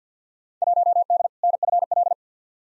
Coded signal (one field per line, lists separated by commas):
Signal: Morse code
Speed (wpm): 50 wpm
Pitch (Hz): 700 Hz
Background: none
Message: 1D NFL